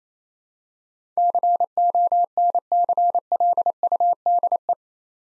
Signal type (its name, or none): Morse code